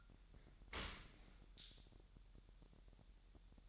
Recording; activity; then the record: daily activity, microphone in the room; open dishwasher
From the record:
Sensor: 3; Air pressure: 1000.5 hPa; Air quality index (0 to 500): 248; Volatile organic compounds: 173 ppm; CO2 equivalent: 4118 ppm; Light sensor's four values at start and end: 10/25/10/10 and 11/25/10/10